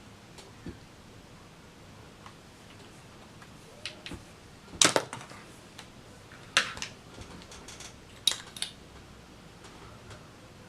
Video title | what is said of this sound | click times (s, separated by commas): FIRST IMPRESSIONS: TARTE HYDRATING AND MATTE SHAPE TAPE FOUNDATION | a little clicking sound that it made like this like so cute okay | 4.8 s, 6.6 s, 8.3 s